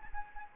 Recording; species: mosquito wingbeat signal from an infrared sensor; Anopheles gambiae